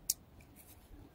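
An orange plastic harness connector is pushed into the auto electric tailgate control box of a Toyota Land Cruiser 300 (LC300 GX/GXL/GXR), helped along with a screwdriver. A single loud, sharp click sounds at 0.1 s, followed by a much fainter tick and quiet background. The connector is seated.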